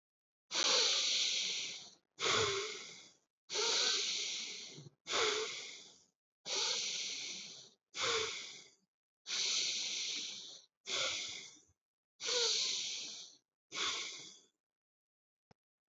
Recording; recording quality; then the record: deep breathing; excellent, no background noise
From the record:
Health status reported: healthy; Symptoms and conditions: none ticked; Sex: male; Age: 26 years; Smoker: not ticked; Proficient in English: yes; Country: India